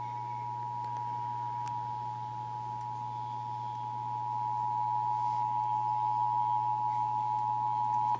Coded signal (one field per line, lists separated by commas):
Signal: Emergency Alert System (SAME) tones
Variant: 853 and 960 Hz attention tone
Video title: (EAS #19) Severe Thunderstorm Warning (KSCS-FM)